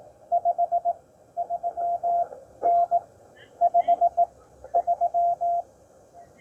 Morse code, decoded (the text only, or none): 53N 53